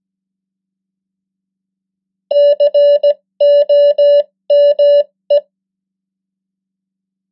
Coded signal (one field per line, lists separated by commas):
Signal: Morse code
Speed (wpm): 17 wpm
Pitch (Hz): 580 Hz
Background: none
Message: COME